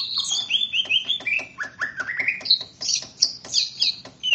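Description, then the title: Greater green leafbird song: a rapid, varied run of bright whistled and chirpy notes, sliding and jumping in pitch, delivered almost without pause. "KICAU BURUNG CUCAK IJO"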